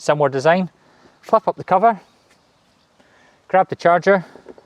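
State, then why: Not seated. A man talks while the charger plug for a WEIBANG battery ride-on mower (iON 76 SD / iON 81 RC) is handled at the charging port under a flip-up cover at the back of the machine. Two faint, brief sounds come near 4.6 s and 4.7 s. The plug has not yet been pushed in and twist-locked, so nothing has seated or clicked yet.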